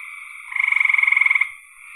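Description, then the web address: Frog delivering a single rattling croak of many quick pulses lasting nearly a second, set against a steady background chorus. "cn frogs"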